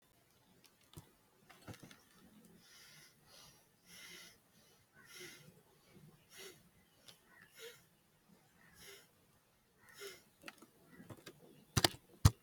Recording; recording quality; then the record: shallow breathing; excellent, no background noise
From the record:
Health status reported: healthy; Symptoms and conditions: none ticked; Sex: male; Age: 32 years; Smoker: not ticked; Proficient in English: yes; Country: India